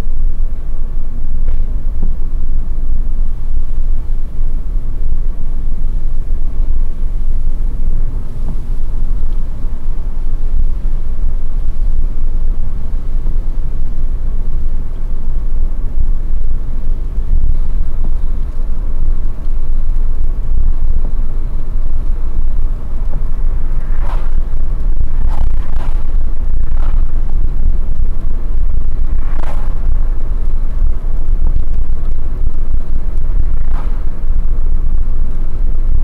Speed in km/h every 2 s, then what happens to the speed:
61, 61, 68, 69, 71, 69, 70, 70, 71, 72, 74, 75, 77, 79, 80, 79, 77, 78.
2-5 speeds up to 69. 5-17 steady at about 70. 17-28 speeds up to 80. 28-36 steady at about 78.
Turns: none.